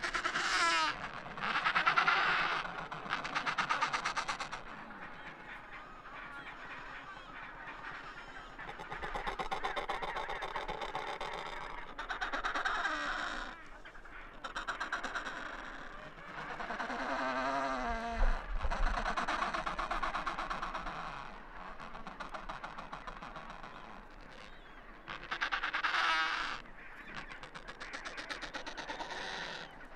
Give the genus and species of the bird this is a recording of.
Pygoscelis adeliae